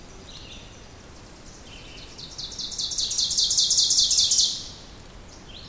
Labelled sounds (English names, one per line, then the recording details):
Ovenbird song
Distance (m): 10 m
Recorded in boreal forest in Alberta, Canada, on 2 June 2016 at 08:51
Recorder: SongMeter 3, array SBT-3-7
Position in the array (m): 208 m, 37 m
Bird 6